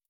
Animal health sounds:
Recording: hydrophone in a shrimp aquaculture tank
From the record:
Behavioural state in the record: stressed

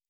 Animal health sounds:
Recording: hydrophone in a shrimp aquaculture tank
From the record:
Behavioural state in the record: normal

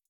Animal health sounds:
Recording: hydrophone in a shrimp aquaculture tank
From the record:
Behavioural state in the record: feeding

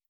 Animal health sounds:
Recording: hydrophone in a shrimp aquaculture tank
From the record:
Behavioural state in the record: stressed

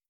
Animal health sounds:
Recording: hydrophone in a shrimp aquaculture tank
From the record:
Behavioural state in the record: starved

